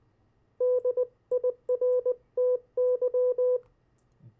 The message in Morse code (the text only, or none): DIRTY